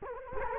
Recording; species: mosquito wingbeat signal from an infrared sensor; Culex quinquefasciatus